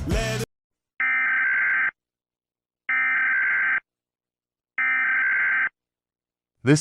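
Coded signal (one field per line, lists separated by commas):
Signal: Emergency Alert System (SAME) tones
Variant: header bursts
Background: speech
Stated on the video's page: Fictional EAS scenario.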